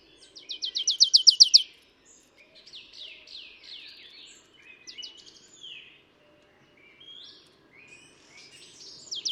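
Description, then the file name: Marsh tit giving a quick, high rattle of sharp notes, followed by softer, scattered chirps. "Poecile palustris"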